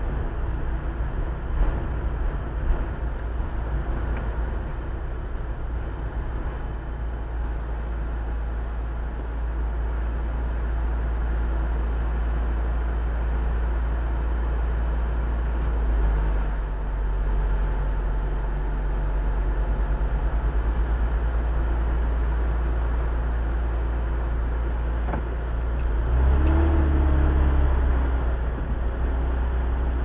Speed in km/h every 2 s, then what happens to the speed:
22, 18, 15, 8, 4, 4, 3, 1, 1, 0, 0, 0, 0, 1, 4.
0-7 slows to 4. 7-13 steady at about 4. 13-26 standing.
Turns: none.